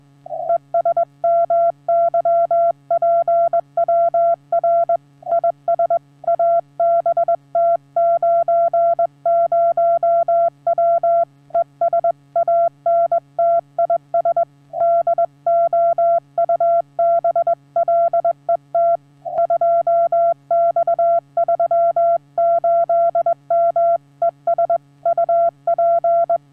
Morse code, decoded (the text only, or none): ES MY PWR IS ABT 90W ES ANT IS DOUBLET 2X38M ES UP